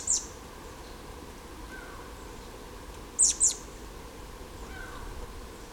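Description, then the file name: Marsh tit calling: one sharp high note at the start, then a rapid double note about three seconds later, against continuous low background noise. "Poecile palustris"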